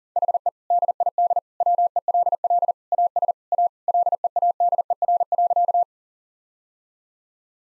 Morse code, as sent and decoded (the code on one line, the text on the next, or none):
.... . / -.. .. -.. / .-- . .-.. .-.. / .- ... / .- / .-.. . .- -.. . .-. .-.-.-
HE DID WELL AS A LEADER.